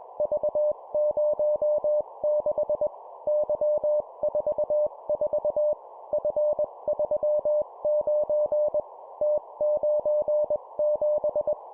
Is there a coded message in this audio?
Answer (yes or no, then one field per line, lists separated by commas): yes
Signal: Morse code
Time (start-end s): 0.2-11.5 s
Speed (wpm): 21 wpm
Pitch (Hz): 600 Hz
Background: none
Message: V06 Y44 F39 T97